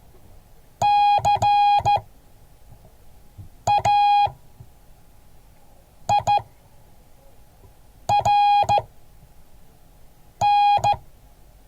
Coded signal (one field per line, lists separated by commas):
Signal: Morse code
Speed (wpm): 14 wpm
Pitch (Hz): 820 Hz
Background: none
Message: CAIRN